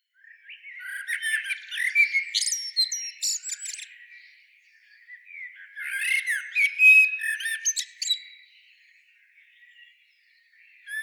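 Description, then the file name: Common blackbird pouring out two dense phrases of high squeaks and whistles, with near silence between them. "Turdus merula"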